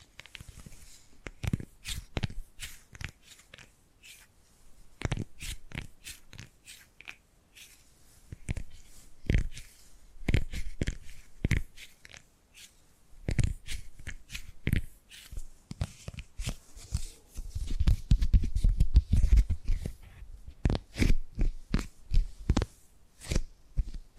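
Tapping and gripping sounds: a steady run of short, sharp taps spread through the whole stretch, some in quick bursts and others spaced out. Between them come soft rustling and scratchy handling noises, with a thicker, rumbling patch of gripping around eighteen to twenty seconds.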